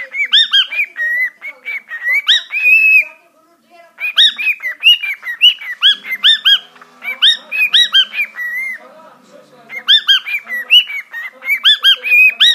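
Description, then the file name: Cockatiel calls: bursts of bright arched whistled chirps, rising then falling, delivered in rapid runs separated by short pauses. "sultan papagan"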